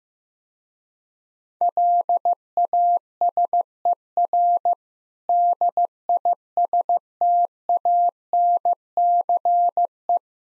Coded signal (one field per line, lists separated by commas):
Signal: Morse code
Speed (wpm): 15 wpm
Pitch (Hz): 700 Hz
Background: none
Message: LASER DISTANCE